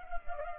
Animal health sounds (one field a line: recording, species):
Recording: mosquito wingbeat signal from an infrared sensor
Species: Culex pipiens